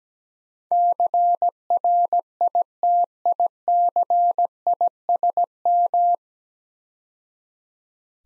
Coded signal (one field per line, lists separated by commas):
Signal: Morse code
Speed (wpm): 17 wpm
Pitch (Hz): 700 Hz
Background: none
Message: CRITICISM